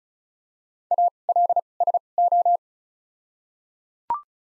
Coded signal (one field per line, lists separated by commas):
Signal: Morse code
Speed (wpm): 36 wpm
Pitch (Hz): 700 Hz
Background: none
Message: ALSO